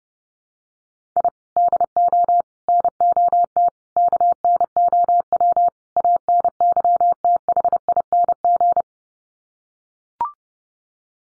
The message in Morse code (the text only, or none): I DO NOT KNOW ANYTHING